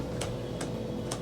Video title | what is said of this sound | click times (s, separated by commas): Acology Medtainer Webinar 2 | you hear that little click | 0.2 s, 0.6 s, 1.1 s